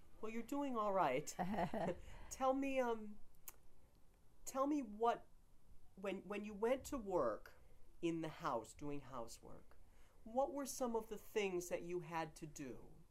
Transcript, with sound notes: Well, you're doing all right. [chuckles] Tell me — tell me what — when — when you went to work in the house doing housework, what were some of the things that you had to do?